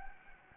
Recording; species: mosquito wingbeat signal from an infrared sensor; Anopheles gambiae